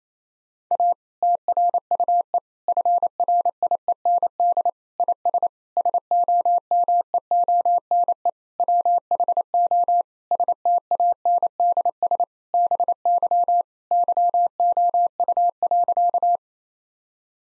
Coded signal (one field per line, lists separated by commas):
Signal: Morse code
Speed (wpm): 28 wpm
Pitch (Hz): 700 Hz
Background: none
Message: A TRUE FRIEND IS SOMEONE WHO STANDS BY YOU.